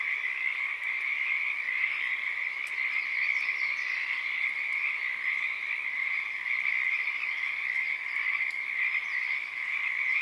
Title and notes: Friday April 7th, 2023. Oaks Bottom Wildlife Refuge, Portland, Oregon USA. This is the chorus of the Pacific Tree Frog starting and stopping